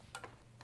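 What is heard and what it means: A button or switch is turned a half turn into a Pop'n Music controller panel until it clicks in place at 0.2 s with a sharp, bright click. Softer ticks follow at about 0.2 s and 0.6 s, and the button is seated.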